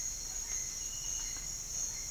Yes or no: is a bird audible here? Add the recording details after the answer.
no. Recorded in dense forest near Puerto Asís, Putumayo, Colombia, on 4 March 2025 at 08:00. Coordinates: 0.484, -76.325. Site G045